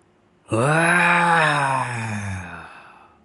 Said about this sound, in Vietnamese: Tiếng long ngâm trầm đục vang vọng khắp cả lòng hồ. Sóng âm thanh khuếch tán ra, Lôi Tương xung quanh bắn ra tung tóe, những tia sét chớp chới với những tiếng nổ tanh tách. Tiếng long ngâm lúc này thì khác trước đây rất nhiều.